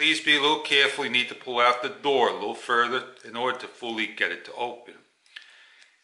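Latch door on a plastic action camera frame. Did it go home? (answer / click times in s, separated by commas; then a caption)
yes / 5.4 s, 5.8 s. Someone talks, then the plastic latch door of an aftermarket GoPro Hero action camera frame is pushed closed. It clicks at 5.4 s and again at 5.8 s as the door latches fully shut.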